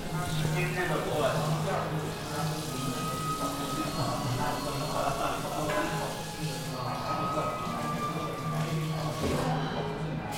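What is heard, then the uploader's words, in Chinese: Sitting in a café, with a steady blend of overlapping voices talking throughout. A low hum runs underneath the whole time, and brief clinks and tonal chimes surface now and then, near the start, around the middle, and again late in the clip. 坐在咖啡馆有点开心｜城市声音。北京地坛旁边 没有特地录说话声。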